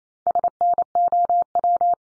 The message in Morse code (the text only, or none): SNOW